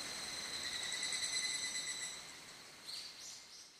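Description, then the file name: Evening cicada calling, a steady shrill metallic tone with stacked high overtones, fading out after about two seconds. "higurashi"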